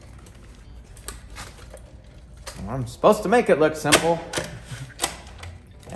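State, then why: Seated. Someone talks while the removable battery of a 2023 Trek Rail 7 electric full suspension mountain bike is pushed back into the aluminum down tube of the frame, with light handling knocks and rattles. A sharp, loud click at 5.0 s marks the battery seating and locking in place so nobody can steal it.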